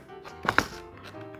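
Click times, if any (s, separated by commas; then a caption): 0.5 s, 0.6 s. A plastic crossbar piece is pressed into its tight-fitting slot on a Yita Motor roof rack crossbar. Two sharp, close snaps are heard at 0.5 and 0.6 seconds over faint background music. The piece seats firmly in place.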